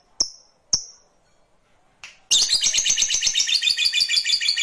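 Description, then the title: Lovebird gives two sharp chirps, then bursts into a long, fast, buzzy rattling trill that runs steadily to the end. Fighter lovebird giving a long ngekek trill. "Begitu Dengar Suara Lovebird FIGHTER NGEKEK PANJANG"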